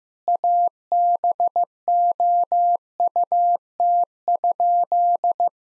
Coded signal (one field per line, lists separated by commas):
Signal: Morse code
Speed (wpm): 15 wpm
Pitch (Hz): 700 Hz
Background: none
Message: ABOUT?